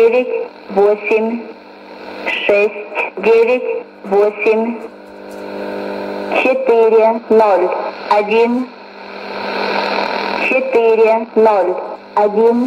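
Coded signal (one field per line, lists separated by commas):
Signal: numbers station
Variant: S06s, Russian female voice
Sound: a woman's voice reading short evenly spaced words over shortwave hiss and fading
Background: radio static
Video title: 19 12 2019 S06s Russian Lady numbers station in Russian to Eu 0944 on 9540 unknown tx site USB+AM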